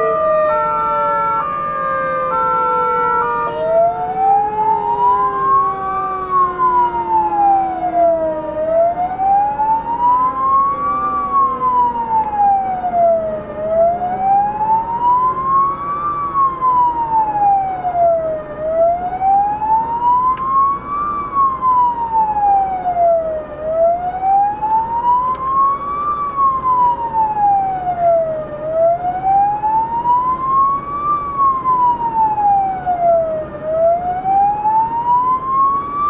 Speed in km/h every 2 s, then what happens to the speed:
74, 75, 76, 77, 76, 78, 79, 80, 80, 79, 79, 79, 80, 81, 82, 82, 82, 82.
0-36 speeds up to 82.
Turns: none.